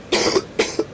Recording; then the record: coughing mixed with background sound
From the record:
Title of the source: 61 morning phlegmy cough...again